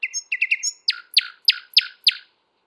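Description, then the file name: Common nightingale song: a few quick chirps, then a run of five loud, descending buzzy notes repeated about every third of a second, clean background. "Luscinia megarhynchos"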